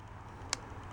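A release tool is pushed into the fuel line quick-connect fitting on the fuel filter tube of a 2004 Chevy/GM 5.3 (2000–05 Suburban, Tahoe, Silverado) during a fuel filter replacement, spreading the plastic locking tabs out of the way. After a low, steady background, a single sharp click sounds at 0.5 s as the fitting lets go. The quick-connect releases easily.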